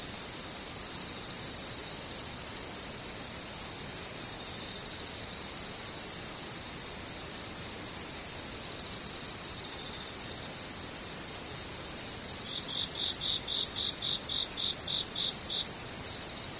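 Insects chirp in a fast, steady, high-pitched pulsing that runs without a break, cricket-like and shrill. From around twelve seconds a second, slightly lower chirping joins in short repeated bursts beneath the main trill.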